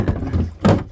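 A cassette toilet waste tank is handled back into its compartment in a trailer bathroom after being dumped, with low knocking and rumbling followed by a louder, brief thunk at about 0.7 s. Nothing has seated or clicked into place yet.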